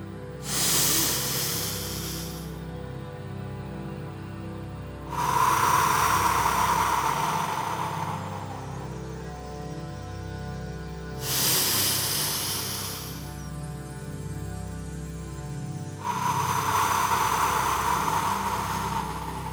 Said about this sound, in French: Pour débuter, fermez les yeux et prenez de profondes inspirations par le nez, bloquez et expirez par la bouche.